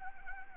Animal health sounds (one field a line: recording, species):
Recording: mosquito wingbeat signal from an infrared sensor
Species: Anopheles arabiensis